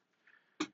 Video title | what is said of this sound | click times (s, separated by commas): VAN TOUR - Custom Van Build - Sprinter 144 4x4 w/ tons of exterior upgrades - Rossmönster Vans - 140 | you drop this onto that table mount you heard it click into place there now you have a table | 0.6 s